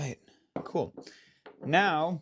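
A RogueWorx 45-degree fire selector is being fitted into the lower receiver of a GHK G5 airsoft gas blowback rifle while someone talks. Only speech is heard, and the selector has not clicked into place yet.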